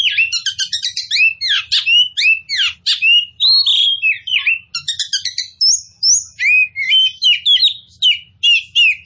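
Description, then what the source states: Oriental magpie-robin singing continuously, rapid chattering notes mixed with rising and falling whistles, about two to three notes per second, steady low hum behind. Kacer poci form, described as gacor, in full continuous song.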